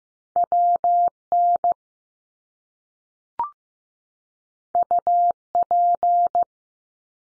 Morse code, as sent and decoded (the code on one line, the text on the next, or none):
.-- / -. / ..- / .--.
W N U P